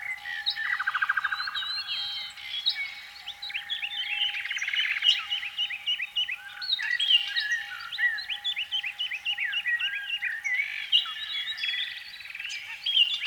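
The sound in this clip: Canary song: a sustained medley of buzzy trills, rapid repeated rising notes and chirps, continuing steadily with little pause.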